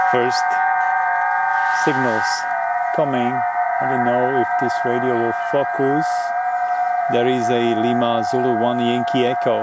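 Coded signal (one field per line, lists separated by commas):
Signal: FT8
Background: speech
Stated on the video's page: FT8 received on an ATS-120 receiver fitted with new firmware and a digital decoder board.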